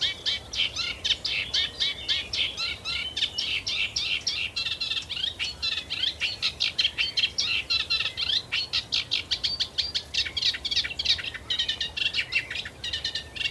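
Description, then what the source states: Reed warbler song, long and continuous, with grating chirrs and sharper clicks repeated in a jerky rhythm, barely pausing throughout. Male singing in reedbeds in spring, Avalon Marshes, Somerset Levels; speaker hopes the song will attract a mate.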